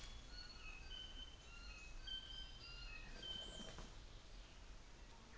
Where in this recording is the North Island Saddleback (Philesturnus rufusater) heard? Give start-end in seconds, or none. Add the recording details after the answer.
none. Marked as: faintness 4/5. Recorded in New Zealand on 24 December 2018. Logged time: 10:15